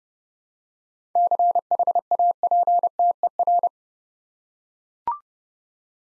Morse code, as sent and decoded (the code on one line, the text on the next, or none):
-.-. .... .- .--. - . .-.
CHAPTER